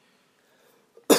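Near silence, then one sudden loud, harsh gagging burst: an adult man's forceful imitated retch, showing the real loudness of the severe retching he used to have, which has recently stopped. His retching comes on after coughing several times or right after waking and smoking.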